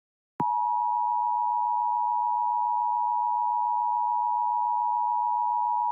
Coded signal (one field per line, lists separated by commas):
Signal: Emergency Alert System (SAME) tones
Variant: 853 and 960 Hz attention tone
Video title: Beyond The Index: An EAS Scenario